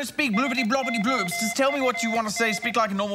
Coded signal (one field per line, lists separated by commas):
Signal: Morse code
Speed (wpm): 20 wpm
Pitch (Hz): 2050 Hz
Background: speech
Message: SOUN